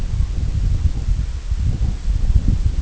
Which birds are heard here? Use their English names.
none